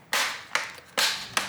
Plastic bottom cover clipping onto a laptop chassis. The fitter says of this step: should click into position